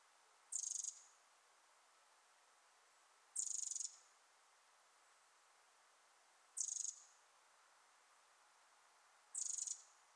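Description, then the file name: Eurasian wren giving high, hard call bursts, four short churring notes spaced about three seconds apart over quiet background. "Troglodytes troglodytes"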